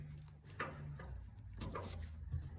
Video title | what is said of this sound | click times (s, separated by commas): Installing a VW Beetle Shifter Rod Bushing & Front Beam - ep12 Autodynamics Deserter GT Dune Buggy | apparently I get really lucky on that so that just snapped right in um | 0.6 s